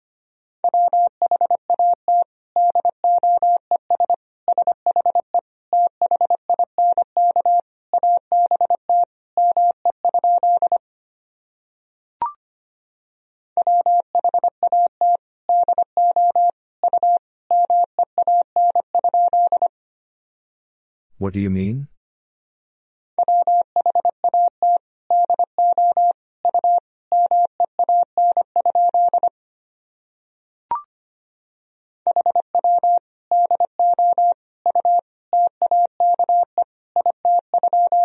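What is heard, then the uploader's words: Morse code sent as a clean, mid-pitched tone, keyed in quick dots and dashes. The signal comes in runs of about six to ten seconds separated by short pauses, with faint clicks in the gaps and one brief low thump near the middle. Sentences from Top 200 Words and Abbreviations 25wpm. First, the words and abbreviations are sent in Morse code. Then it is spoken.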